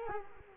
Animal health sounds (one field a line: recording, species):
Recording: mosquito wingbeat signal from an infrared sensor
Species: Culex quinquefasciatus